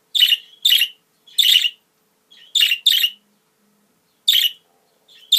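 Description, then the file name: Budgerigar calls: short, rasping, noisy chirps, several spaced out, then a pause and a couple more toward the end. Female budgerigar; mixed sounds. "Karisik Sesler Disi Muhabbet Kusu Sesi"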